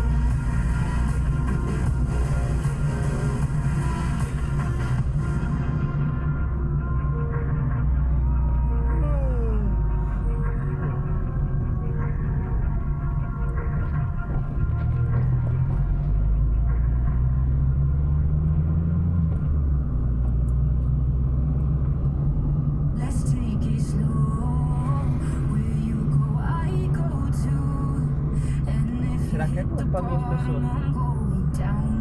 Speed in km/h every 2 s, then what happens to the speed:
37, 42, 43, 41, 34, 25, 17, 13, 19, 29, 39, 43, 42, 42, 42, 42.
0-6 steady at about 41. 6-14 brakes to 13. 14-21 speeds up to 43. 21-32 steady at about 42.